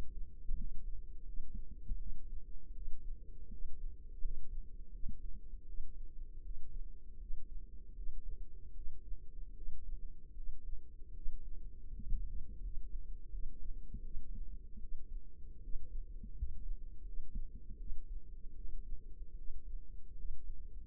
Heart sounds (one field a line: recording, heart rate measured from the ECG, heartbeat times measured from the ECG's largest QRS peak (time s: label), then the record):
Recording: heart sounds by microphone in the left ear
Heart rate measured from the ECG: 80 bpm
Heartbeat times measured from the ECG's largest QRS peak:
0.54 s: heartbeat
1.23 s: heartbeat
1.96 s: heartbeat
2.72 s: heartbeat
3.48 s: heartbeat
4.19 s: heartbeat
4.90 s: heartbeat
5.64 s: heartbeat
6.40 s: heartbeat
7.17 s: heartbeat
7.93 s: heartbeat
8.72 s: heartbeat
9.53 s: heartbeat
10.33 s: heartbeat
11.12 s: heartbeat
11.89 s: heartbeat
12.60 s: heartbeat
13.29 s: heartbeat
14.01 s: heartbeat
14.78 s: heartbeat
15.59 s: heartbeat
16.32 s: heartbeat
17.03 s: heartbeat
17.76 s: heartbeat
18.53 s: heartbeat
19.34 s: heartbeat
20.14 s: heartbeat
From the record:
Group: healthy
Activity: cold pressor test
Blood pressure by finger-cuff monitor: 81/53 mmHg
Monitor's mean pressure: 64 mmHg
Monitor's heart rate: 78 bpm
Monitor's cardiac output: 6.7 L/min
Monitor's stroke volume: 84 mL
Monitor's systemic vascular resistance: 670 dyn s/cm5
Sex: female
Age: 22 years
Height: 163 cm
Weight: 67.1 kg